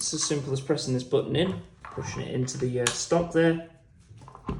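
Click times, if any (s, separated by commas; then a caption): 4.5 s. Someone talks while a quick-detach sling swivel has its button pressed and is pushed into the socket in a polymer SKS Archangel rifle stock. Brief small clicks follow near the end, and the swivel clicks and locks into the stock socket at 4.5 s.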